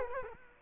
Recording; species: mosquito wingbeat signal from an infrared sensor; Culex quinquefasciatus